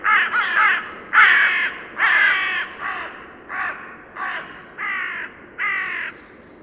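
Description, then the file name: Carrion crow giving a steady series of hoarse, grating caws, the later ones a little softer. "Corvus corone"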